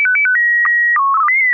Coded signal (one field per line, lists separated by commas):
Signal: SSTV (slow-scan television)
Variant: PD 120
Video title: N6NA SSTV Net - 04/30/2025